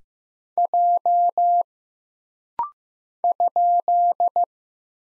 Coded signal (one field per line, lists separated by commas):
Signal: Morse code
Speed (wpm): 15 wpm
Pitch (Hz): 700 Hz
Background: none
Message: J ?